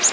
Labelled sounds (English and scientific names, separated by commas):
Golden-winged Warbler (Vermivora chrysoptera) flight call